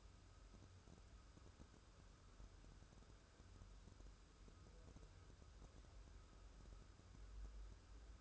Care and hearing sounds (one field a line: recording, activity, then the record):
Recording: daily activity, microphone in the room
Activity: wipe stove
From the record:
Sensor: 2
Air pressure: 1014.9 hPa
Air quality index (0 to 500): 36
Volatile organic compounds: 1 ppm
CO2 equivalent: 560 ppm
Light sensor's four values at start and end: 13/35/13/15 and 13/35/13/15